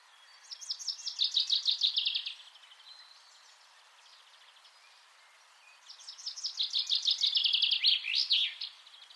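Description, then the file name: Common chaffinch delivering two full songs, each a quick run of repeated notes ending in a sharp flourish, separated by a few seconds of quiet. "Fringilla coelebs"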